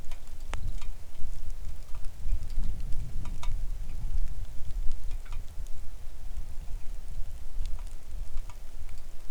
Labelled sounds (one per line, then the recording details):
bird
wind
rain
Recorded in the Arctic National Wildlife Refuge, Alaska, on 3 August 2019 at 10:12
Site 41